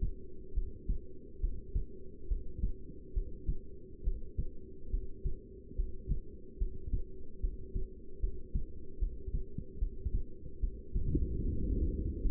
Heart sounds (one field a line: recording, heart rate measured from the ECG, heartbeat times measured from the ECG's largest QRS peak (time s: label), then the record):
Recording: heart sounds by stethoscope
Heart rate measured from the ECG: 72 bpm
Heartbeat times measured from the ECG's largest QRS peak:
0.54 s: heartbeat
1.41 s: heartbeat
2.28 s: heartbeat
3.14 s: heartbeat
4.04 s: heartbeat
4.91 s: heartbeat
5.76 s: heartbeat
6.58 s: heartbeat
7.41 s: heartbeat
8.20 s: heartbeat
8.99 s: heartbeat
9.79 s: heartbeat
10.60 s: heartbeat
11.43 s: heartbeat
12.22 s: heartbeat
From the record:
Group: heart failure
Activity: Valsalva maneuver 0-10 s, rest 10-12 s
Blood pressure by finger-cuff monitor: 155/100 mmHg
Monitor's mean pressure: 119 mmHg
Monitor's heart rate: 70 bpm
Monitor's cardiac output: 7.3 L/min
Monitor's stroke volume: 105 mL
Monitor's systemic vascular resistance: 1230 dyn s/cm5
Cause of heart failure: non-ischemic cardiomyopathy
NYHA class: 1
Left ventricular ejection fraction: 62%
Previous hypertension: present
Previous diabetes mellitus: present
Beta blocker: bisoprolol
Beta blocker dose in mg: 10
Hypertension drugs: sacubitril-valsartan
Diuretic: furosemide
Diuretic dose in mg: 20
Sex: male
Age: 49 years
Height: 167 cm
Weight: 110 kg